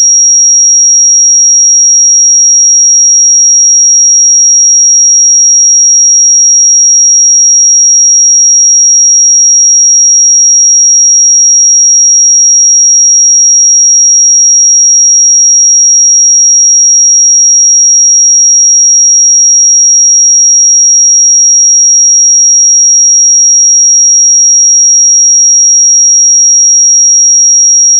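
A pure 5651 Hz sine tone holds perfectly steady and bright at constant loudness for the whole clip, with no other sounds.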